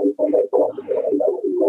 2nd Trimester. That's the baby's heartbeat. Chunk, chunk, chunk, chunk. 155 beats per minute. Sounds really healthy and strong and regular. Just perfect.